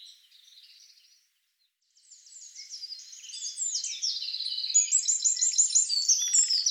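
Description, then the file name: Eurasian wren song: a soft buzzy phrase, a short pause, then a building stream of loud high trills and rattles to the end. "Troglodytes troglodytes"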